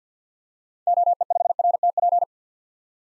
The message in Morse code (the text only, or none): OE5RTP